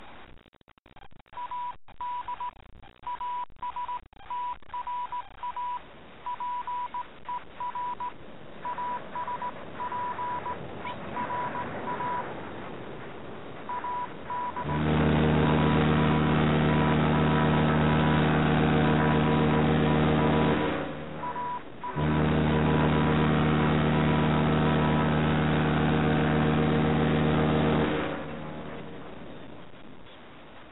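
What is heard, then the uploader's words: Morse code taps out as a steady mid-pitched tone keyed in short and long bursts over a hissy, radio-like background for the first half. At about fifteen seconds a loud, deep droning sound like a ship's engine or horn takes over, breaking briefly near twenty-one seconds and fading out after twenty-eight. Golden Record: Morse Code, Ships.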